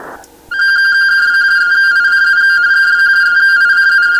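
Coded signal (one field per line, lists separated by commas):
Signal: RTTY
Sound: rapid warbling between two close tones, steady continuous teleprinter chatter after brief noise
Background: radio static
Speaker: really no error correction in this oh here we go look at that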